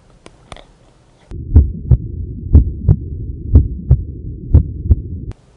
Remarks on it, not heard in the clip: In normal people and normal children, you'll hear an S1 and S2, or the typical lub-dub that we talk about in the heart. S1 indicates the closing of the AV valve, whereas S2 is the closing of the semilunar valves. The S1 and S2 are the two normal heart sounds.